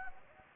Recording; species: mosquito wingbeat signal from an infrared sensor; Anopheles gambiae